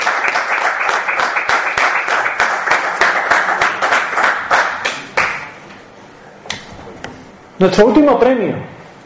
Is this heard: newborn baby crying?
no